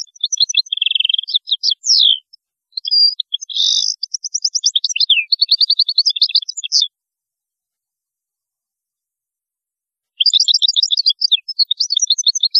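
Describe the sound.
European goldfinch song, a long run of rapid, tinkling and buzzy twitters mixed with quick slurred notes, broken by a silent gap before another twittering phrase.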